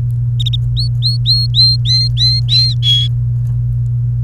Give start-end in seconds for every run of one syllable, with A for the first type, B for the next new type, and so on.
0.77-2.73 A, 2.83-3.08 B